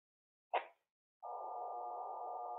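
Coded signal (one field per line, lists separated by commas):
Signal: radiosonde or satellite telemetry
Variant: BPSK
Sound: short click-like burst, then a steady rough buzzing hiss around 1 kHz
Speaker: Okay, this is just getting it started here, synchronizing. There it goes.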